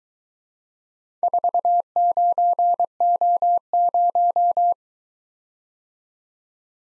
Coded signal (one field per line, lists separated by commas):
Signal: Morse code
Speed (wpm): 22 wpm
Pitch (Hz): 700 Hz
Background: none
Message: 49O0